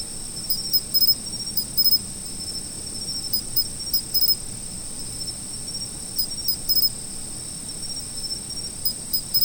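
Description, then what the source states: Insects in a high steady chorus, a continuous trill joined by short rapid chirp groups at irregular intervals, with soft low background noise. Autumn.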